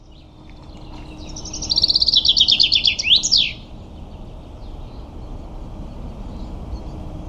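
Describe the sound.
Common chaffinch giving one song phrase of rapid repeated notes, stepping lower before a swooping final flourish, followed by several seconds of quiet background noise.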